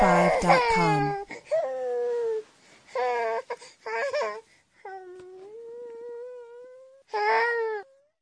Baby crying.